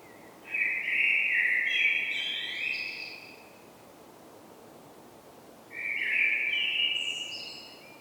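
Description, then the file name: Common blackbird song: two mellow warbled phrases, each closing with high scratchy twittering, separated by a few seconds of quiet hiss. "Turdus merula"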